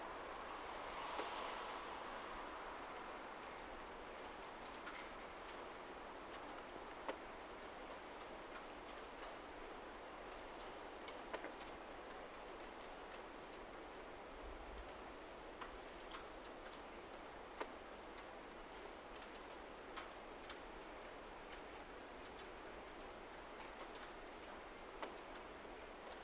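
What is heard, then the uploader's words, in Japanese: Rain falls steadily around someone walking, a dense, even hiss centered in the middle range and holding at one level throughout. Sharp ticks and drips strike irregularly every second or so, with a brighter swish near the start and a brief low thump around fourteen seconds. 雨の中を歩く音（Binaural）- Rain and walk。バイノーラルで撮った雨音です。車の音や足音が入っています。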